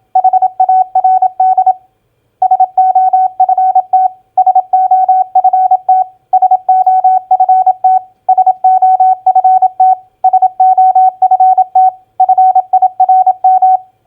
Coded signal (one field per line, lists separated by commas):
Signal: Morse code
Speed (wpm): 27 wpm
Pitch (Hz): 750 Hz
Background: none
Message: HARD SOFT SOFT SOFT SOFT SOFT FIRM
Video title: Morse Code Practice Word Recognition SOFT-FIRM-HARD 27wpm